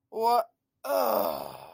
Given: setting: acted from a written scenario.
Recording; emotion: vocal sound without words; negative surprise